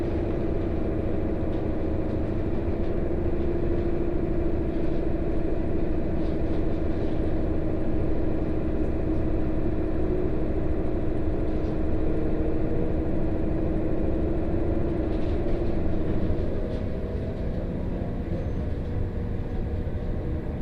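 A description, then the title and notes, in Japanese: A train ride heard from inside the car, with a dense, steady low rumble of the running train throughout. A constant mid-pitched motor whine hums along on top, and faint clicks from the rails come and go. The sound eases slightly near the end. 耳で楽しむ鉄道旅 湖西線 小野→おごと温泉→蓬莱。モーター音が全く違うのがよく分かりますし、高架を走っているので踏切の音がないのも分かると思います。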